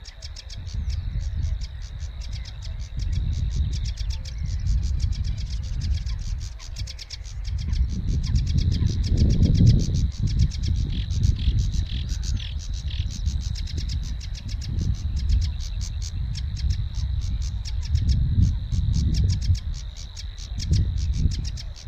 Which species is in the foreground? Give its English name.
Sedge Warbler